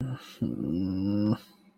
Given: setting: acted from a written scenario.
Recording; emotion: vocal sound without words; shame